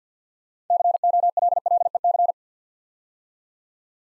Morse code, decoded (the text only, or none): COLLEC